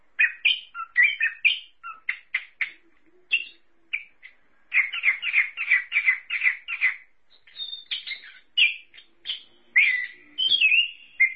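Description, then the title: Thrush song with quick bursts of clipped notes and a rhythmic run of repeated whistled phrases, followed by slurred warbles. "burung anis x"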